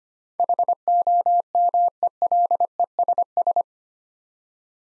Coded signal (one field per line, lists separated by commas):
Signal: Morse code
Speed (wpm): 25 wpm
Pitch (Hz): 700 Hz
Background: none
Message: HOMELESS